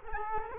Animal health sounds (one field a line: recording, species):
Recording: mosquito wingbeat signal from an infrared sensor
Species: Culex quinquefasciatus